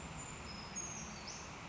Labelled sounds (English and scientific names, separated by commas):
Brown Creeper (Certhia americana)